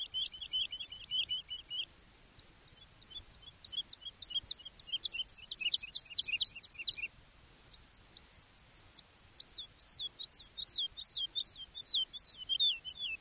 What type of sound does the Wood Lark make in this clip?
song